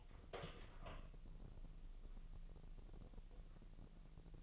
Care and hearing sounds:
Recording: daily activity, microphone in the room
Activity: open door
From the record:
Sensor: 4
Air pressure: 1002.0 hPa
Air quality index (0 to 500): 248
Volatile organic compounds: 41 ppm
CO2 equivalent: 3163 ppm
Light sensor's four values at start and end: 10/21/8/8 and 9/20/8/7

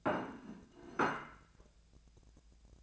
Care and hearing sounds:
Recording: daily activity, microphone in the room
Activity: place plate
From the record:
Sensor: 2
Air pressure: 1000.0 hPa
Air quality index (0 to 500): 134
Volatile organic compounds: 2 ppm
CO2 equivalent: 1144 ppm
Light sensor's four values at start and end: 25/63/26/29 and 25/63/27/29

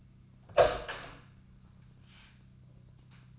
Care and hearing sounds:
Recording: daily activity, microphone in the room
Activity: open door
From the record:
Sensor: 2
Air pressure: 1004.8 hPa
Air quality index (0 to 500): 73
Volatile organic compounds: 1 ppm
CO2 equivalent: 861 ppm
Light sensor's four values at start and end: 7/17/7/7 and 7/17/7/7

